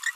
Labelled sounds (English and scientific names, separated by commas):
Green-rumped Parrotlet (Forpus passerinus) babbling